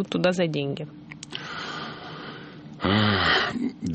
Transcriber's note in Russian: вздыхает